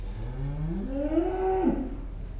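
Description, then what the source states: Cow giving a single rising moo that climbs in pitch and ends abruptly, with a low steady hum underneath. Cows in a pen.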